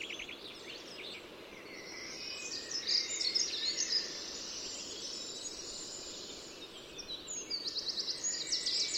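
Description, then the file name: Eurasian wren song: a dense run of high, rapid notes and buzzy trills, with a steady background hiss throughout. "Troglodytes troglodytes"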